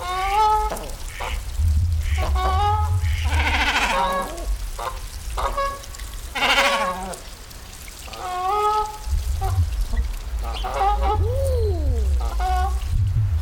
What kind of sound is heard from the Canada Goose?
call